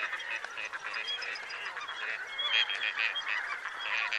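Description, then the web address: Gadwall calling, a dense stream of nasal, reedy notes with thin whistled tones mixed in, continuing without pause. "chant xeno-canto canard chipeau"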